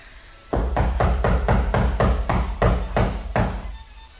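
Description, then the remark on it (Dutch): Someone knocks firmly on the wooden door of flat number 3, about nine loud, evenly spaced raps in a steady rhythm over three seconds, with no voices. “Zei de reiziger toen hij op de maan verlicht de deur klopte.”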